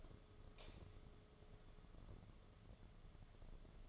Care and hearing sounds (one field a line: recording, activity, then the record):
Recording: daily activity, microphone in the room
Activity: light off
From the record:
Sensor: 4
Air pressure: 1011.1 hPa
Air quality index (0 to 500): 146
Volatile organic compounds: 3 ppm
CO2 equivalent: 1490 ppm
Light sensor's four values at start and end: 143/375/158/165 and 142/370/157/163